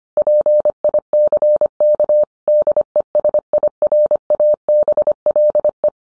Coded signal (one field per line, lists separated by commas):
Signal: Morse code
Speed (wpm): 25 wpm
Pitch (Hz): 600 Hz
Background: none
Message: PICK DESIRABLE